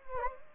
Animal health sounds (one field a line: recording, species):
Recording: mosquito wingbeat signal from an infrared sensor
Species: Anopheles gambiae